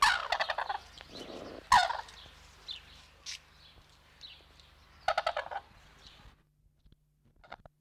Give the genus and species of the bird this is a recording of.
Grus japonensis